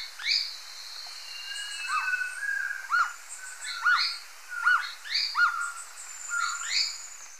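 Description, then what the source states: Masked Trogon calling in a run of arched, hooting notes repeated roughly every second, with higher notes overlapping. Recorded in Ecuador.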